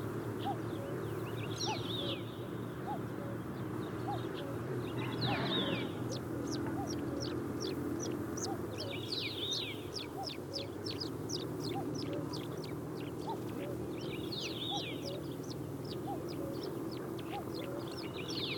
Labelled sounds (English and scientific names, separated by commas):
Citrine Wagtail (Motacilla citreola) song